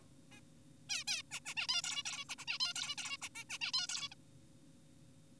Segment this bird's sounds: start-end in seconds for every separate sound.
0.32-0.40, 0.90-1.04, 1.08-1.22, 1.31-1.40, 1.46-1.54, 1.57-1.67, 1.69-1.82, 1.84-2.03, 2.06-2.24, 2.29-2.36, 2.38-2.45, 2.48-2.58, 2.60-2.74, 2.76-2.96, 2.98-3.17, 3.22-3.28, 3.35-3.44, 3.50-3.58, 3.61-3.72, 3.74-3.87, 3.89-4.09, 4.12-4.15